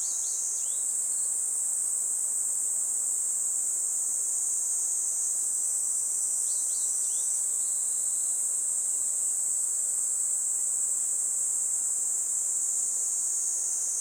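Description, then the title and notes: Kaempfer cicada song, an endless high shrill drone, with a few sharp bird chirps breaking through. Chorus of many Kaempfer cicadas in a forest by the Tama River, Japan, as they began singing in summer, a pleasant noise heralding summer; birds also calling. "多摩川の森、ニイニイゼミたちの合唱"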